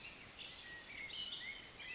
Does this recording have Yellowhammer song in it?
no